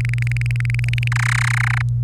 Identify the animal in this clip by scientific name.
Serinus canaria